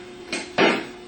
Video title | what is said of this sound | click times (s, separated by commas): How to rebuild a pg series starter - pg series rebuild kit | and use them to push it the rest of the way down till it snaps into place then | 0.3 s